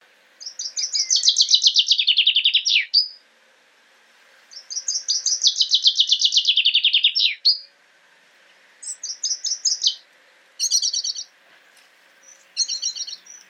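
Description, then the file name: Common chaffinch singing two bright, descending trilled phrases, each ending in a quick flourish, followed by short clipped note groups; otherwise quiet. "Fringilla coelebs"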